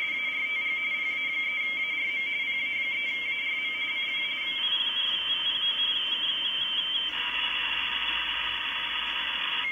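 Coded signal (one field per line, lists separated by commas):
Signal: RTTY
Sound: rapid warbling two-tone chatter, high-pitched, continuous over noise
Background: radio static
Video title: Decoding RTTY on the Icom IC 7100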